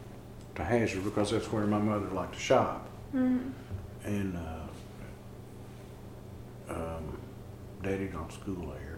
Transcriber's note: none